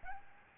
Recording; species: mosquito wingbeat signal from an infrared sensor; Aedes albopictus